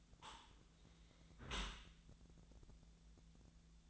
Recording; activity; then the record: daily activity, microphone in the room; close dishwasher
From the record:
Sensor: 3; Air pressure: 1000.5 hPa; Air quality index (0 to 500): 173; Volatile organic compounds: 3 ppm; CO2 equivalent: 1500 ppm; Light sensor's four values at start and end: 16/42/17/18 and 16/42/17/18